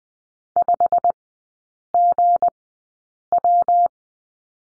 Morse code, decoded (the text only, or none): 5GW